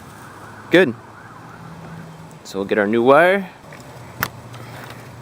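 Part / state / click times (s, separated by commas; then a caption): spark plug wire boot onto spark plug / seated / 4.2 s. A new spark plug wire boot on a Ford Ranger or Mazda B3000 is pushed onto the rear spark plug in a tight space. Someone talks, then a single sharp click is heard at 4.2 seconds. The boot clicks onto the plug and is seated.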